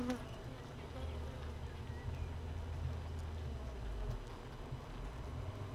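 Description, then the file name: Honey bee colony droning continuously, a deep steady hum. Hive 1 without a queen, recorded 31 May 2018 at 15:30. "Hive 1 31 05 2018 NO Queen Bee H 1"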